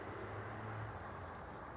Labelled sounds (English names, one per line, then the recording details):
California Towhee
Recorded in Sonoma County, California